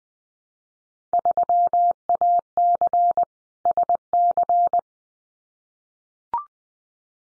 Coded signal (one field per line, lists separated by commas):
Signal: Morse code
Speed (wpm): 20 wpm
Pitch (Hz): 700 Hz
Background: none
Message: 3AC SC